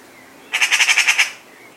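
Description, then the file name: Eurasian magpie giving a short harsh rattling chatter of several rapid, evenly spaced raspy notes, lasting under a second. "Pica pica"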